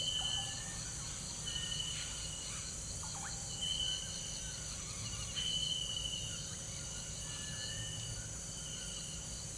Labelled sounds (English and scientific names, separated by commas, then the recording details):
none
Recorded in pastures near Puerto Asís, Putumayo, Colombia, on 26 December 2024 at 18:00
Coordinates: 0.472, -76.329
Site G072